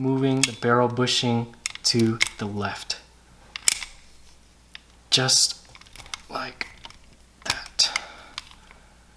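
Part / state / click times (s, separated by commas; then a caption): barrel bushing locking over recoil spring plug in pistol slide / seated / 7.8 s. During reassembly of a 1911 pistol, the recoil spring plug is pushed in under tension while the steel barrel bushing in the slide is rotated to the left. Someone talks over several small metallic clicks and taps. The bushing snaps locked over the plug with a sharp click at 7.8 s, seating it and completing the reassembly.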